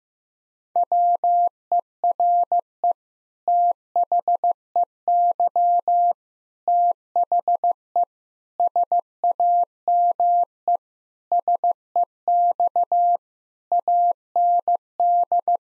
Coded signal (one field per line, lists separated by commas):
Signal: Morse code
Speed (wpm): 15 wpm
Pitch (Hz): 700 Hz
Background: none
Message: WERE THEY THE SAME SEX AND